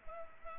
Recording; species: mosquito wingbeat signal from an infrared sensor; Culex pipiens